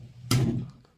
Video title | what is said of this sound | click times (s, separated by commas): 空调管胀喇叭口，这样操作才专业，胀完以后比原厂的还好 | 直到听见咔一声喇叭口就找完了 | 0.3 s